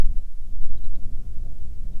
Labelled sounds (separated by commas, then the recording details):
songbird, wind
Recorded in the Arctic National Wildlife Refuge, Alaska, on 7 July 2019 at 18:38
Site 41